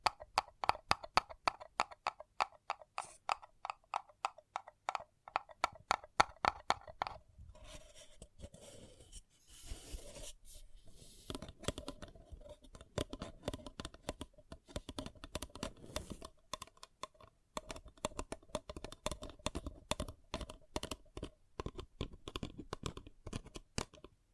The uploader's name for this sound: Paper Cup Tingles